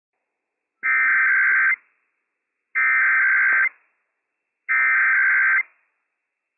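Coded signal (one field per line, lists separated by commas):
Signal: Emergency Alert System (SAME) tones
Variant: header bursts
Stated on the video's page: Washington State EOC Required Weekly Test on a NOAA Weather Radio station, with operational EAS tones.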